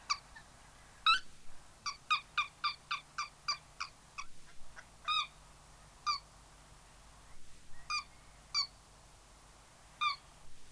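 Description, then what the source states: Lesser White-fronted Goose calls: many high, squeaky yelping notes in a series, with short pauses between them. Field recording.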